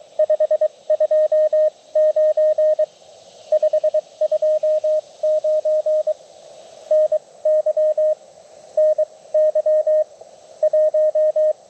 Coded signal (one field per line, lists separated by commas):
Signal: Morse code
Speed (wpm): 23 wpm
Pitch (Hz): 620 Hz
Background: radio noise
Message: 529 529 NY NY 1